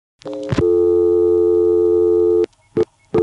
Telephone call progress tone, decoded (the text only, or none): dial tone